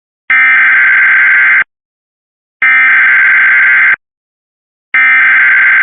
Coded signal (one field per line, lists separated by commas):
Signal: Emergency Alert System (SAME) tones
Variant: header bursts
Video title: (EAS #89) Flash Flood Warning in New Jersey (May 14, 2025)